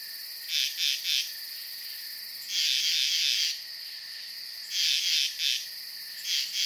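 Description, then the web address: Night insects trilling in high pulsed bursts, one longer buzzing stretch in the middle, set against a continuous shrill drone. Night ambience. "sound-effects-bible Night Insects Frogs"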